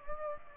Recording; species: mosquito wingbeat signal from an infrared sensor; Aedes aegypti